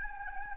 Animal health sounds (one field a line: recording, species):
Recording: mosquito wingbeat signal from an infrared sensor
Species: Anopheles gambiae